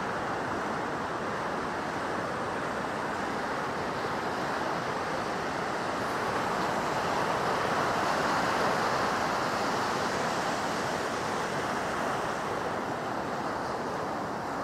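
Surf along the Pacific coast at Cape Disappointment makes a steady, dense roar with no breaks. The wash swells slightly louder between about six and ten seconds, then eases back. A faint low rumble of wind sits beneath it throughout.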